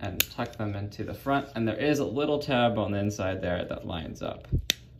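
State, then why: Not seated. Someone talks while folding out the side panels of a plastic transforming toy van and tucking them into the front, lining up a small tab on the inside. Faint handling clicks of plastic are heard under the voice, with a short sharp tick near the end. Nothing has seated or clicked into place yet.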